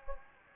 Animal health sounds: mosquito wingbeat signal from an infrared sensor; Anopheles gambiae

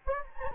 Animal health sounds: mosquito wingbeat signal from an infrared sensor; Anopheles gambiae

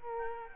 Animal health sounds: mosquito wingbeat signal from an infrared sensor; Culex quinquefasciatus

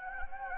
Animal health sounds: mosquito wingbeat signal from an infrared sensor; Anopheles gambiae

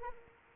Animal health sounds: mosquito wingbeat signal from an infrared sensor; Anopheles arabiensis

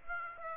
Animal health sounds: mosquito wingbeat signal from an infrared sensor; Aedes aegypti

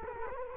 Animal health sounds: mosquito wingbeat signal from an infrared sensor; Culex quinquefasciatus

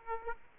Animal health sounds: mosquito wingbeat signal from an infrared sensor; Aedes aegypti

